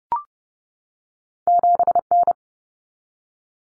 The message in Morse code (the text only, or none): 7N